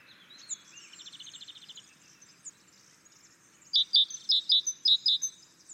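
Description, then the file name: Great tit: a buzzy rattling churr over steady low background noise, then a string of loud, sharp, high notes near the end. "Parus major"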